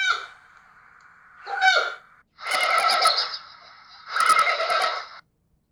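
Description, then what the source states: Giant panda calls: a few harsh, nasal bursts with rich harmonics, the last two longer, separated by short pauses. An adult female and an adult male giant panda; pandas bleat, honk, chirp, roar and squeal.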